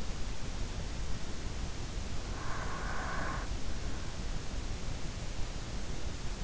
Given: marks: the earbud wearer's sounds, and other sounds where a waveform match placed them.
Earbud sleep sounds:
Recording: sounds in sleep by an in-ear microphone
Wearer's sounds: breath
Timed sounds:
2.03-3.68 s: breath

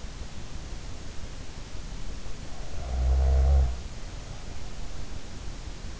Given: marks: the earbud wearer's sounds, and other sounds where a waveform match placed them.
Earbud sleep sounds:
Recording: sounds in sleep by an in-ear microphone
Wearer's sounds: snoring breath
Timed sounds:
2.37-4.75 s: snoring breath

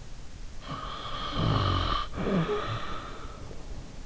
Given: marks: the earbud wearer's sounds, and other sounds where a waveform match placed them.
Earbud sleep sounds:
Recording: sounds in sleep by an in-ear microphone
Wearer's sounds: snoring breath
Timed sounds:
0.58-3.57 s: snoring breath

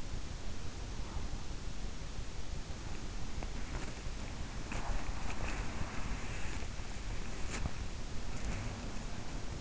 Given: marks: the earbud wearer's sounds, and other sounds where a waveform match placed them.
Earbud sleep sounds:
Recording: sounds in sleep by an in-ear microphone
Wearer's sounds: body movement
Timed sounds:
3.36-9.61 s: body movement

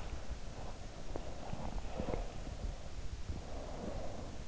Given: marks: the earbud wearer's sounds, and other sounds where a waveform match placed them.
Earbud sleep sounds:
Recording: sounds in sleep by an in-ear microphone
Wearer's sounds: breath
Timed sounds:
1.00-4.40 s: breath

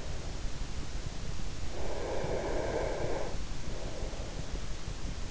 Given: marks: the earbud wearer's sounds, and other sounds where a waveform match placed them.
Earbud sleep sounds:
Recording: sounds in sleep by an in-ear microphone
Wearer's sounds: breath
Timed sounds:
1.70-3.61 s: breath

